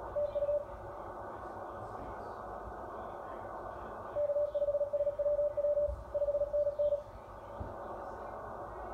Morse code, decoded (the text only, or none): TU K5SWW 5NN